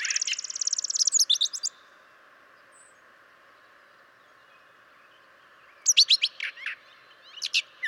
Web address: birdsongforthecurious Brown Thrasher